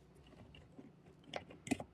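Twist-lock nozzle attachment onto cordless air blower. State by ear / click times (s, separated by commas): not seated / none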